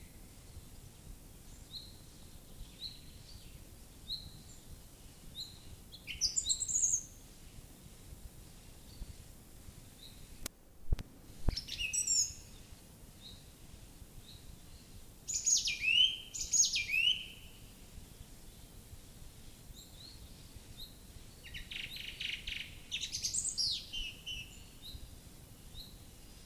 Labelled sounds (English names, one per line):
Song Thrush song